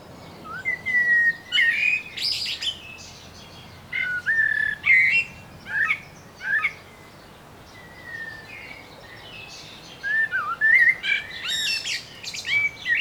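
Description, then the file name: Common blackbird song, fluty whistled phrases ending in twittery high flourishes, with brief pauses between them. "Turdus merula"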